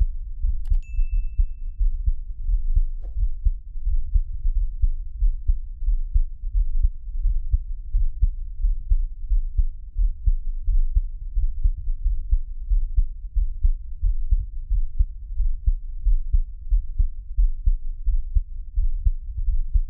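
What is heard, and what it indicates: A normal adult heartbeat, heard close up as low, steady thumps, with no talking.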